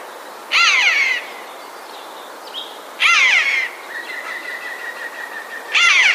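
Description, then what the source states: Eurasian jay giving harsh, rasping screeches, three in all, each under a second, spaced a few seconds apart; a faint steady whistled tone runs between the last two. Alarm call recorded on 9 March 2016.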